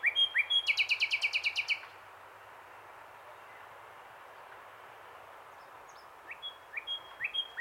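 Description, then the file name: Common nightingale song: a loud rapid rattling trill of repeated notes, a long silence, then several soft whistles. "Luscinia megarhynchos"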